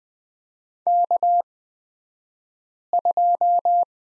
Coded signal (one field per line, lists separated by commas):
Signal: Morse code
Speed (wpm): 20 wpm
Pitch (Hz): 700 Hz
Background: none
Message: K2